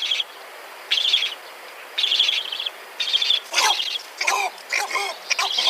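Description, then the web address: Northern bald ibis calls: buzzy, nasal notes repeated about once a second, then rougher croaking calls in quick succession. "Schulze Peter Bald Ibis"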